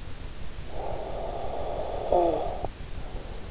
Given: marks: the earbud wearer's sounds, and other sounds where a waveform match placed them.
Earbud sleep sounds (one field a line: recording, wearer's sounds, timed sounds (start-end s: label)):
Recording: sounds in sleep by an in-ear microphone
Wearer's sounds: snoring breath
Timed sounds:
0.35-3.48 s: snoring breath